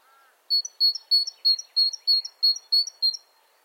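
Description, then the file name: Great tit delivering a run of about nine clear, high two-part phrases, preceded by a brief lower whistle. "Parus major"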